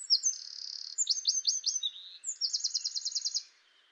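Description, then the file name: Eurasian wren song, a high rapid series of sharp chips and a fast rattling trill, with a faint steady background hiss. "Troglodytes troglodytes"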